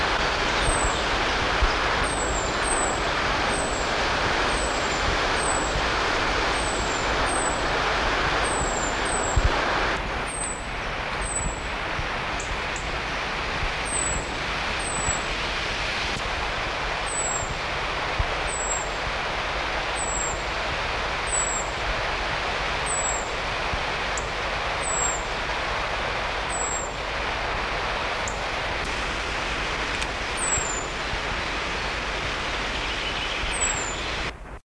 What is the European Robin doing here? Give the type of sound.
call